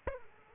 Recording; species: mosquito wingbeat signal from an infrared sensor; Aedes aegypti